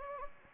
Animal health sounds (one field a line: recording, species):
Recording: mosquito wingbeat signal from an infrared sensor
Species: Anopheles gambiae